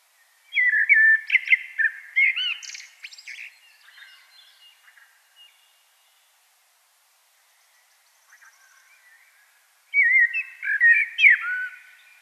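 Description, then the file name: Common blackbird song: two phrases of fluted warbling whistles mixed with squeaky twitters, separated by a quiet gap of several seconds. "Turdus merula"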